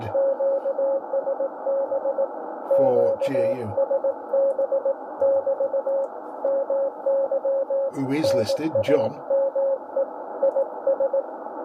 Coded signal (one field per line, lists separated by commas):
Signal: Morse code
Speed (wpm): 18 wpm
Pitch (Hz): 550 Hz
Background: speech, radio noise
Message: QSB QSB<BT> MY NAME IS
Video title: IK1LBL & OZ4JU 60mtrs CW , 5300khz - 6200khz AM/USB